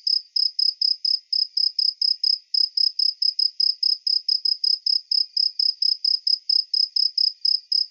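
Cricket chirping steadily, a high pure pulse repeated about four times per second throughout, with no other sounds.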